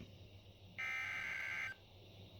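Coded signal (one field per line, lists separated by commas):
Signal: Emergency Alert System (SAME) tones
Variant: header bursts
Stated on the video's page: Watch alert from NOAA weather radio.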